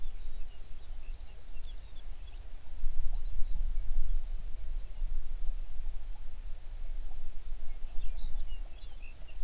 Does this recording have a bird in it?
yes